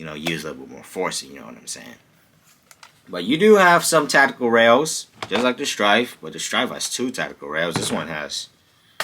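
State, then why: Seated. Someone talks as a plastic foam-dart magazine is pushed into the magazine well of a toy blaster, which takes a bit more force than the other blaster it is compared with. During a pause in the talk, two short clicks at 2.7 s and 2.8 s mark the magazine seating, a less smooth click than the other blaster's. The talk then resumes.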